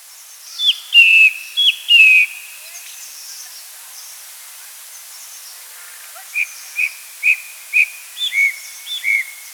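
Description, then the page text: Chestnut thrush singing loud slurred whistled phrases early, then, after a pause, a run of several short clipped whistles, with light background hiss. "Chestnut Thrush Song. Quick Sounds"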